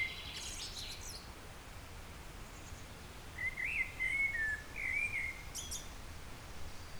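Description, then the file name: Eurasian blackbird delivering one sweet, warbling whistled phrase midway, with brief high, thin squeaky notes before and after it, against a faint hissing background. "Turdus merula"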